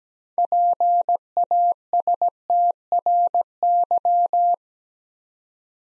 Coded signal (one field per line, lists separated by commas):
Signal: Morse code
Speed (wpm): 17 wpm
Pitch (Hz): 700 Hz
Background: none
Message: PASTRY